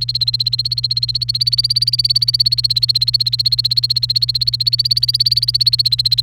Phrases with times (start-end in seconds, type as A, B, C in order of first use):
0.00-6.22 A